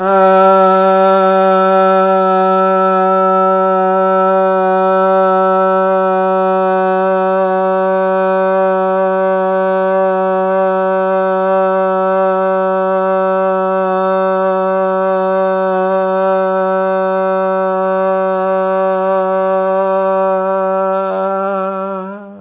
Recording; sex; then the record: sustained vowel /a/; male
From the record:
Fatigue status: no fatigue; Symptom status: asymptomatic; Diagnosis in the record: COVID-19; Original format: 3gp